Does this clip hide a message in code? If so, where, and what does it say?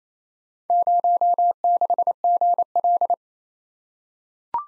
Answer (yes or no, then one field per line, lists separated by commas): yes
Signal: Morse code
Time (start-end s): 0.7-3.1 s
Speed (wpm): 29 wpm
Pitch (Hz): 700 Hz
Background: none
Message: 06GL